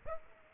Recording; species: mosquito wingbeat signal from an infrared sensor; Aedes aegypti